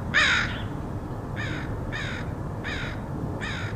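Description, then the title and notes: Crow cawing, one loud harsh caw followed after a pause by four softer hoarse caws spaced about two-thirds of a second apart, over low background rumble. Recorded in Portland, Oregon, United States, in August 2003. "Crows of Portland. Crows recorded by Dan Bodah in Portland, OR, August 2003"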